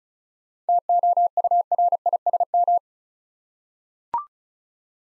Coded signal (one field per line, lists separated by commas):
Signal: Morse code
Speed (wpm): 36 wpm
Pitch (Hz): 700 Hz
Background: none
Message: TOURISM